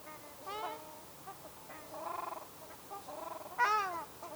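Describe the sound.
Ruddy shelduck calls: nasal honks mixed with buzzy, rattling drawn-out notes, ending in one loud honk.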